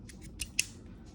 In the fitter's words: turn it until it clicks that lines up our optics for the um